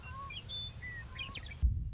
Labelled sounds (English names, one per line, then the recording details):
Western Meadowlark
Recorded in Sonoma County, California